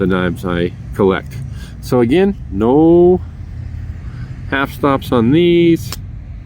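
A slip-joint trapper pocket knife blade is handled against its backspring, its steel blade moving toward position with no half stops. Someone talks over a steady low hum. The clip ends before the blade snaps home, so nothing has seated or clicked yet.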